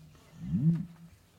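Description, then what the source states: Common Ostrich warning call: a single very deep boom that swells smoothly and then dies away. Male; warning call; very low-frequency call audible for kilometers; lives in harsh, open landscapes.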